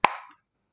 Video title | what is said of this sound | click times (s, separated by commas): MCB को Push Button से OFF करना सीखे - Shunt Release coil for MCB @ElectricalTechnician | जैसा कि आपने देखा खट से आवाज आए, इसका मतलब ये है कि हमारा जो शंट कॉइल है ये एमसीबी के साथ में कनेक्ट हो चुका है। | 0.1 s